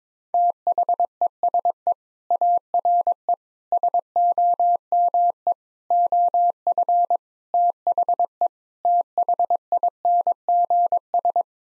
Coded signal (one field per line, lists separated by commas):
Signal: Morse code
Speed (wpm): 22 wpm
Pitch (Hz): 700 Hz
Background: none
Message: THESE ARE SOME OF THE THINGS